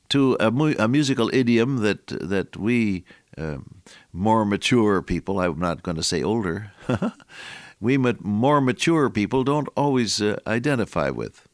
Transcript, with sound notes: to a musical idiom that we more mature people… I’m not gonna say older. [chuckle] We more mature people don’t always identify with.